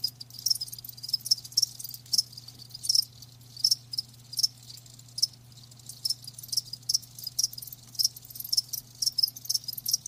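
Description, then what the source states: Crickets chirping in crisp high-pitched bursts spaced irregularly, roughly one or two per second, against a soft continuous hiss and low hum. Live crickets chirping.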